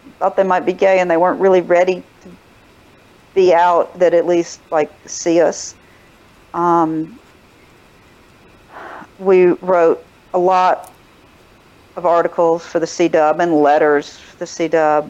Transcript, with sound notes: thought they might be gay and they weren’t really ready to be out, that at least, like, they could see us. [exhale] We wrote a lot of articles for the CW and letters to the CW.